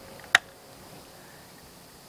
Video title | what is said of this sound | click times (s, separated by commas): RAM Promaster DIY Oil change -The Easiest way to change oil on the road - Oil cap Warning -Part 1 | it will snap in you'll hear a click | 0.4 s